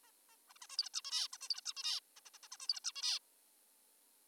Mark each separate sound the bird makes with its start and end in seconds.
0.04-0.11, 0.29-0.36, 0.50-0.54, 0.56-0.59, 0.62-0.67, 0.70-0.77, 0.78-0.89, 0.94-1.02, 1.05-1.28, 1.33-1.38, 1.42-1.49, 1.50-1.61, 1.66-1.73, 1.77-2.00, 2.16-2.20, 2.26-2.30, 2.34-2.38, 2.43-2.48, 2.52-2.57, 2.60-2.68, 2.69-2.80, 2.84-2.92, 2.96-3.19